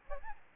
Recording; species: mosquito wingbeat signal from an infrared sensor; Aedes albopictus